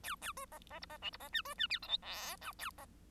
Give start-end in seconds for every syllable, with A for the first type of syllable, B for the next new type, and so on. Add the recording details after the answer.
0.03-0.16 A, 0.21-0.33 A, 0.36-0.46 B, 0.51-0.59 C, 0.70-0.80 C, 0.81-0.86 D, 0.89-0.98 C, 1.02-1.11 E, 1.12-1.17 D, 1.20-1.29 C, 1.32-1.42 F, 1.45-1.55 B, 1.58-1.67 F, 1.69-1.79 G, 1.82-1.88 H, 1.88-1.98 I, 2.02-2.37 J, 2.41-2.53 K, 2.58-2.70 A, 2.77-2.86 C. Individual Bird1